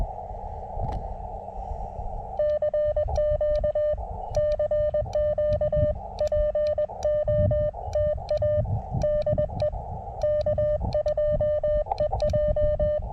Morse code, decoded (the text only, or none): CQ CQ POTA DE K2EJ